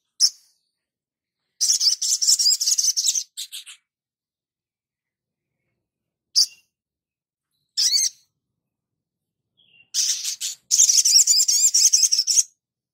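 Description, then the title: Spiderhunter song: fast high rattling trills in bursts, separated by single sharp chips. Labaik variant, from a masteran (cage-bird training) recording. "Sogok Ontong Labaik"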